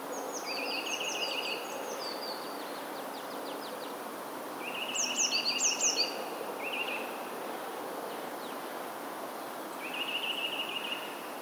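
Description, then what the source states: Passerine: songbird calls: short buzzy chirps near mid-high pitch alternating with very high, sharply descending twittered notes, in loose bursts over steady background hiss. Recorded 21 January 2021.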